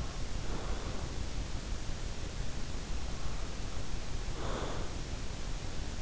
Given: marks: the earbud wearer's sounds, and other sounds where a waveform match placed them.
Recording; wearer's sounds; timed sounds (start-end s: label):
sounds in sleep by an in-ear microphone; breath
0.14-1.33 s: breath
4.26-5.11 s: breath